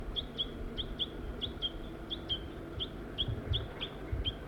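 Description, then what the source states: Crossbill calls: many short, high, clipped notes, often in pairs, in a quick series over a low background rumble. Family feeding in pines; female and juvenile present.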